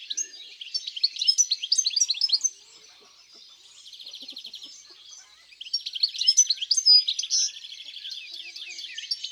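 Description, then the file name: European greenfinch song: rapid twittering phrases, then a fast even trill around four seconds, then more twittering and chirps. In the countryside. "Verdier-d Europe-Chants-doiseaux-dans-la-campagne"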